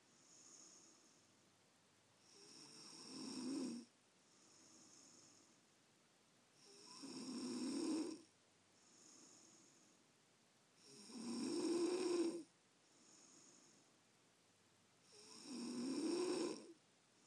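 An adult woman snoring in her sleep around midnight: four loud, rough snores recur at a steady pace of about 14 breaths a minute. Each builds during inhalation and ends abruptly, with quieter out-breaths between them. The snoring had been louder a minute earlier and has calmed somewhat. This is typical sleep snoring from vibration of the upper airway.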